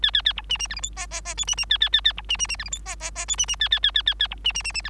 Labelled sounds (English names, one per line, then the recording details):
Bengalese Finch song
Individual Bird3